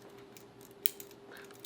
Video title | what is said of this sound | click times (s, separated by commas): My Last EDC Update... Maybe... Probably | and then when you're done you swing it back around and then it clicks | 0.9 s